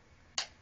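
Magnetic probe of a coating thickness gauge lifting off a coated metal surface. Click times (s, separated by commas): 0.4 s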